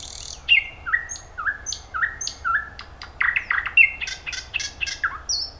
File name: thrush nightingale